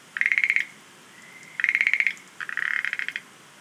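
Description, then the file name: Schlegel's green tree frog rattles: two bright pulsed trills followed by a rougher, buzzier rattle, with a faint thin tone between calls. "rodolphe alexis - rhacophorus schlegelii"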